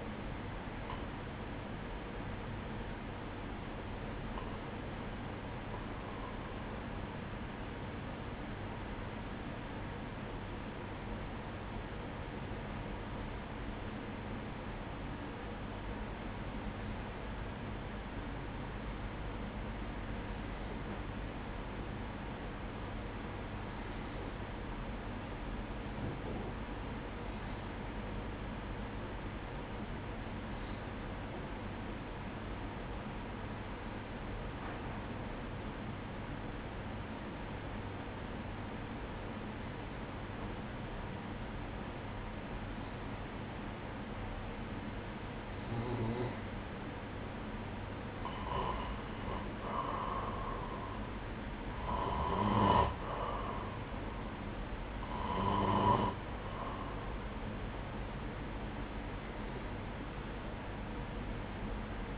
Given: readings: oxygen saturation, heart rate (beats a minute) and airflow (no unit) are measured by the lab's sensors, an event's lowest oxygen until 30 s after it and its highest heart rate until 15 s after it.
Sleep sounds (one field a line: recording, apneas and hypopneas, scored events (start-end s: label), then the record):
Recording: breathing in sleep by a voice recorder at the bedside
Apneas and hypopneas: 1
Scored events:
7.00-47.90 s: hypopnea (N2, oxygen 97% highest, then 92% lowest, heart rate 65 at the start, 71 highest)
From the record:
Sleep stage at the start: N2 (light sleep)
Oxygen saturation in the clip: 92 to 97%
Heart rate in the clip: 60 to 71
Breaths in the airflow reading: 18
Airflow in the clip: -9.6 to 9.2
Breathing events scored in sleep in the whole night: 180 in 6.7 hours asleep